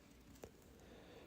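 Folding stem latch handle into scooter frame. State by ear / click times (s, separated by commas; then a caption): seated / 0.4 s. The red locking handle on the folding stem of a Goobee electric scooter is pushed in after the stem is unfolded, making a single short click at 0.4 s against a quiet background. The latch locks the stem in place.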